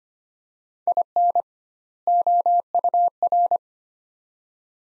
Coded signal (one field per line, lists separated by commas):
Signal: Morse code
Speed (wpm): 25 wpm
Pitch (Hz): 700 Hz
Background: none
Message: IN OUR